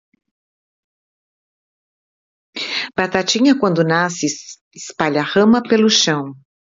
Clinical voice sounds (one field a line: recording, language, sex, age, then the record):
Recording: short text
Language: Brazilian Portuguese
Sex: female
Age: 60 to 69 years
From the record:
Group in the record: control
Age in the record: 64 years